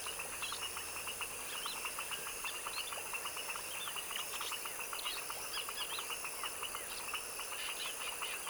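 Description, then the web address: Many frogs calling together in fast, rattling pulses that never let up, with occasional sharper chirps rising above the mass. Tropical wetland swamp in the evening at dusk; chorus of foaming frogs. "Sonniss - GDC 2017-Game Audio Bundle Articulated Sounds - Tropical Ambiences TROPICAL Wetland swamp evening foaming frog dusk chorus"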